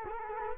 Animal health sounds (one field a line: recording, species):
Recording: mosquito wingbeat signal from an infrared sensor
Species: Culex quinquefasciatus